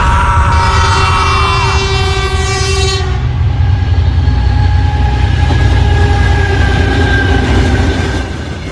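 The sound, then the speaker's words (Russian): A train roars along the rails as it enters a tunnel, with a loud, steady low rumble, while a bright horn-like tone with stacked harmonics sounds over it for the first few seconds and fades. “Поезд въехал в тоннель, вагон погрузился в непроглядную темноту, крик ужаса утонул в грохоте рельсов.”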